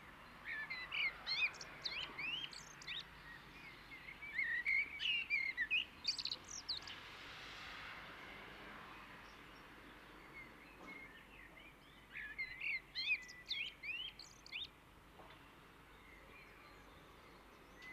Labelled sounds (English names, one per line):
Common Blackbird song